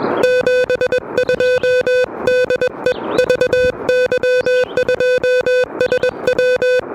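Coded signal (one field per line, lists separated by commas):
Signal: Morse code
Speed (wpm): 20 wpm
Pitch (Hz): 500 Hz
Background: music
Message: 72 DE VY2SW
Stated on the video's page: Low-power QRP CW park activation at Parc des Moulins on an Elecraft KH1 with a homebrew end-fed random wire antenna; noisy conditions.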